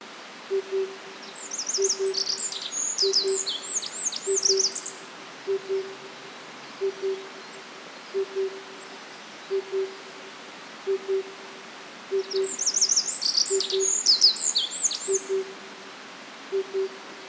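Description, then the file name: Eurasian wren song: two bursts of very high, rapid, tumbling twitters and trills, several seconds apart, while a low, steady toot repeats throughout. "Troglodytes troglodytes"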